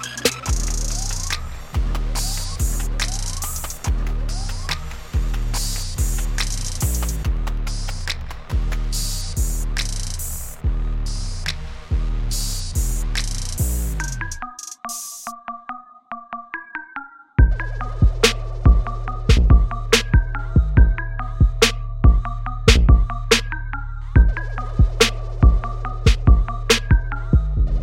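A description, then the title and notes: Spaceship door sounds: a fast, regular run of punchy thuds, each with a dropping whoosh, fills the first fourteen seconds. A short lull with soft beeping tones follows, then a steady low hum returns under repeating bright clicks and tonal blips. Spaceship door.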